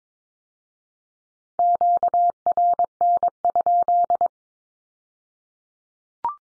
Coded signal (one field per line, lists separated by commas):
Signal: Morse code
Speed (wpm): 22 wpm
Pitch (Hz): 700 Hz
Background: none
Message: QRN?